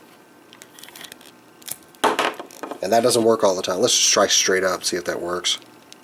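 A swap face plate is handled and pushed straight up toward the hollow head of a plastic S.H. Figuarts Tuxedo Mask action figure while someone talks. Faint small plastic ticks and taps sound beneath the speech. The clip ends before the part goes home, so nothing has seated or clicked yet.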